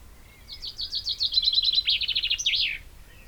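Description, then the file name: Common chaffinch song: a cascading series of sharp notes that descend, finishing with a bold, twisting end flourish. "Fringilla coelebs"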